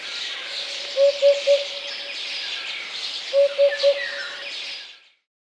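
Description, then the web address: Eurasian hoopoe calling a soft, hollow 'oop-oop-oop' of three quick even notes, given twice over a steady high hiss. "voix doiseaux huppe"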